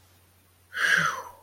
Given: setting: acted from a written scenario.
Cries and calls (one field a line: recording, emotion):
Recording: vocal sound without words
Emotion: relief